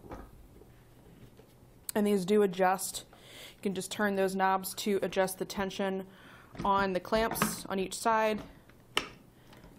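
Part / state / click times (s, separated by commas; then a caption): clamp lever of a kayak carrier on a roof rack crossbar / seated / 9.0 s. Someone talks about turning knobs to adjust the clamp tension on each side of a Malone FoldAway-5 kayak carrier. The clamp lever is then cinched down onto the roof rack crossbar and locks into place with one sharp click at 9.0 s.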